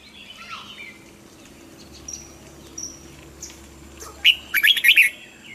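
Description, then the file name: Red-whiskered bulbul song: one loud, rich warbled phrase near the end follows soft twittering. Hue strain red-whiskered bulbul singing in the double-voice style (giọng kép). "Tieng chao mao hue hot giong kep"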